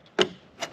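While reinstalling a car's front grille, the grille bar is slid back into its mount on the front end after the cable is reattached and pushed down until it clicks. A sharp, short click lands at 0.2 s, followed by a softer second tap at 0.6 s, and the bar seats in place.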